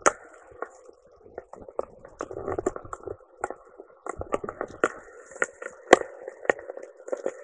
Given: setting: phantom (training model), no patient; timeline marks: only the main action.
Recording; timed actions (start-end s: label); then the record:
laparoscopic instrument, vibration sensor on the handle end
0.00-7.44 s: coagulation
From the record:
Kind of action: gesture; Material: ex-vivo porcine liver